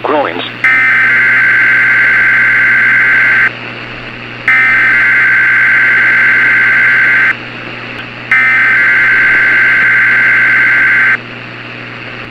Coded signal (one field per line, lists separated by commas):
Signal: Emergency Alert System (SAME) tones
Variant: header bursts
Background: speech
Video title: (ARCHIVED) EAS RECREATION - Tornado Watch for the NYC Metro Area